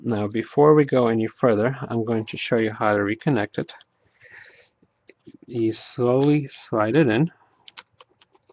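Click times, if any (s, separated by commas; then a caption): 7.7 s, 8.2 s. Someone talks while the LCD video cable connector of an Acer Aspire V5 laptop is slowly slid into the screen's socket. Two small clicks, heard but not felt, come at 7.7 s and 8.2 s as the connector seats.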